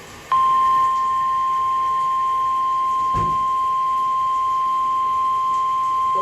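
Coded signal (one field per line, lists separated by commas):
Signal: Emergency Alert System (SAME) tones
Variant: 1050 Hz attention tone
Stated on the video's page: SAME tones of a tornado warning on NOAA Weather Radio.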